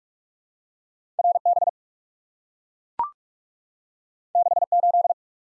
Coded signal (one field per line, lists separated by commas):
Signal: Morse code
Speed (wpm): 44 wpm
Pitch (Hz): 700 Hz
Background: none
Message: R B 6 8